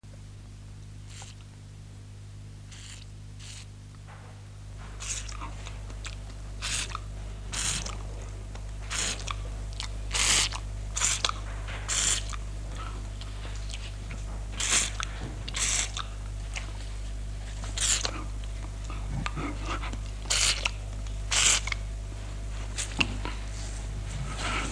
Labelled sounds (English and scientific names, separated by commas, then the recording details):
Chimpanzee (Pan troglodytes)
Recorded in captivity
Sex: female
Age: adult
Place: Tierpark Berlin, Berlin, DE
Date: 1958-03-20
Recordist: unbekannt, keine Angabe
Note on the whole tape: "Susi" (ca. 10 Jahre alt): Schmatzen